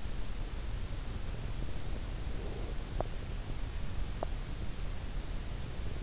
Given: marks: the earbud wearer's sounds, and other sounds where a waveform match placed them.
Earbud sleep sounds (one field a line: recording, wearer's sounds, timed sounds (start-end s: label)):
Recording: sounds in sleep by an in-ear microphone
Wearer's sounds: breath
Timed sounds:
2.06-3.29 s: breath